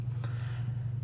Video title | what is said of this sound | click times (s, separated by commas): Laralov Meat Grinder unboxing and review demo | then it just kind of locks into place right there nice and simple | 0.2 s